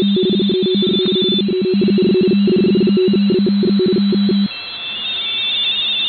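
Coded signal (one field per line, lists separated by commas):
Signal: RTTY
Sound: rapid warbling two-tone chirping, low and high signals together, stopping after four seconds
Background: radio static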